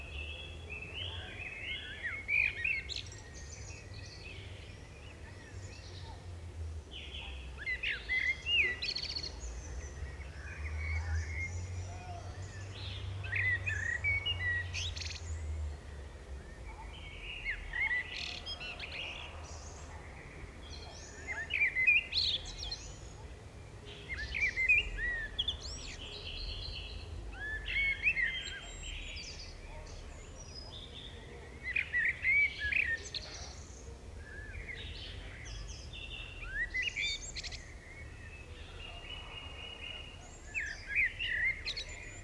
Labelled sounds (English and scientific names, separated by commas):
Common Blackbird (Turdus merula) song